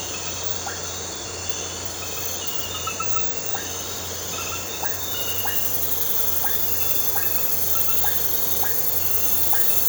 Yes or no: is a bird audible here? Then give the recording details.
no. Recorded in pastures near Puerto Asís, Putumayo, Colombia, on 8 March 2025 at 23:00. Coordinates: 0.466, -76.322. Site CSA-02